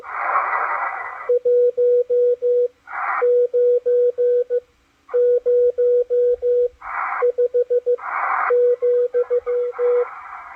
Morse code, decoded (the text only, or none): 1905,